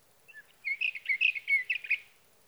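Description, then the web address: Sage thrasher song, a rapid run of warbled, slurred notes lasting over a second, with faint soft notes leading in and a quiet background. "birdsongforthecurious Sage Thrasher"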